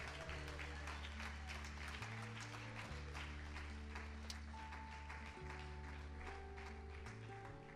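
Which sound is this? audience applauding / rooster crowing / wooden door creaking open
audience applauding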